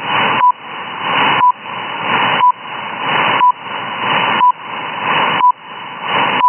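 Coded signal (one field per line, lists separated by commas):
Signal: radio time signal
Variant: RWM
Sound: short 1 kHz beep once a second, 7 beeps, over steady hiss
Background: radio static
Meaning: Each pip marks the start of a second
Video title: RWM, accurate time signals.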